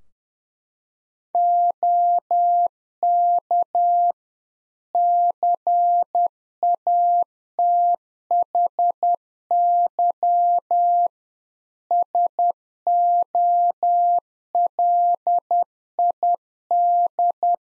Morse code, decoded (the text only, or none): OK CATHY SOLID